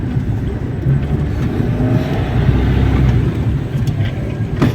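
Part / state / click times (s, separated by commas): front seat rail latch in car floor rails / not seated / none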